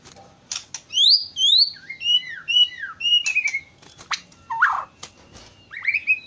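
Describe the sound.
White-rumped shama song of loud upslurred whistles and quick sweeping notes mixed with crisp clicks, each short phrase different from the last.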